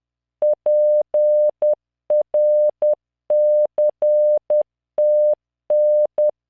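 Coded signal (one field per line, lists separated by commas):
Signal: Morse code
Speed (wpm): 10 wpm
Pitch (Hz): 600 Hz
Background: none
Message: PRCTN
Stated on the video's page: Morse practice drill of random five-character groups at 10 WPM with a 600 Hz tone and standard three-dot spacing, generated by Learning Morse training software.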